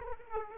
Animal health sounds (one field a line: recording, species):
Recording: mosquito wingbeat signal from an infrared sensor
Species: Aedes aegypti